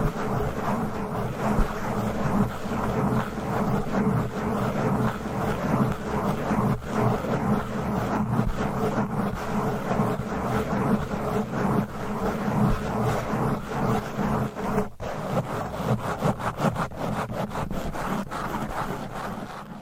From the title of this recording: Fast and Aggressive Mic Scratching